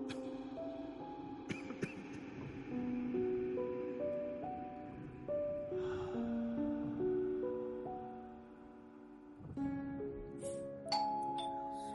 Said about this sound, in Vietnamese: Tiếng chuông cửa dồn dập cùng giọng nói khẩn khoản của người bên ngoài làm cho bà Sương giật mình.